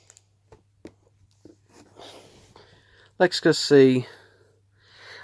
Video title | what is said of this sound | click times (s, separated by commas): Pound World USB C Cable That Costs £1.50 | So actually the USB-C cable on the USB-C side does have a nice click into it. | 0.1 s